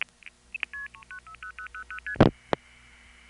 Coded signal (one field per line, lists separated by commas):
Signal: multi-frequency trunk signalling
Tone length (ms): 90 ms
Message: 3 0000ST